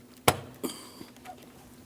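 The locking tab on the second line connector at the throttle body of a 2015-2025 Ford Transit 250 is pressed over until it snaps, giving a sharp, loud click at 0.3 s. A fainter knock follows around 0.65 s, with small ticks near 1.0 s and 1.3 s. The tab is seated and secured.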